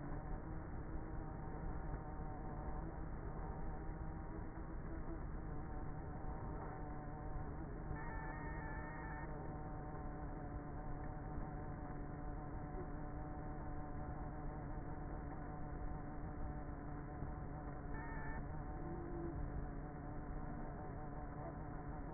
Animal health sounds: honeybee colony, microphone inside the hive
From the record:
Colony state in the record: queenless with a low population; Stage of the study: before two queens were removed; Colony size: about 30,000 bees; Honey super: no

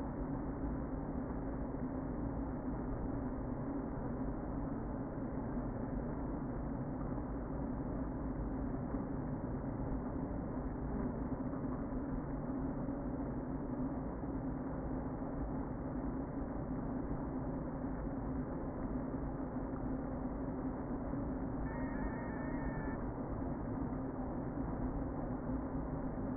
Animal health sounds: honeybee colony, microphone inside the hive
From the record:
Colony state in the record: queen present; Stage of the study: before two queens were removed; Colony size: about 60,000 bees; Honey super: yes

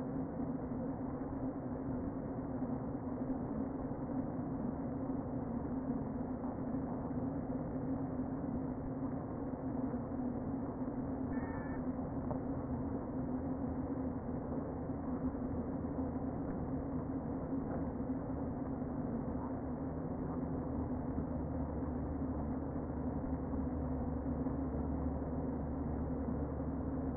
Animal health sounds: honeybee colony, microphone inside the hive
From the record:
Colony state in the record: queen present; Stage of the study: before two queens were removed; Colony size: about 60,000 bees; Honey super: yes

